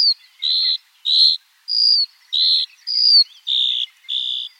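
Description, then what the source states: Skylark song of steady high buzzy notes, mostly flat, some slightly falling, several in a row at a brisk even pace. Eurasian skylark singing in flight.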